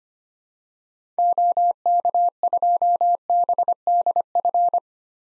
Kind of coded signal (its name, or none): Morse code